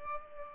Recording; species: mosquito wingbeat signal from an infrared sensor; Culex pipiens